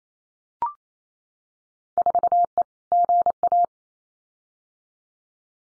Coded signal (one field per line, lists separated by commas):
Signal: Morse code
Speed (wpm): 28 wpm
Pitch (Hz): 700 Hz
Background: none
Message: 4E GA